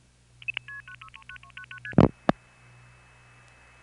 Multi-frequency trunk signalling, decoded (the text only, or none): 63999ST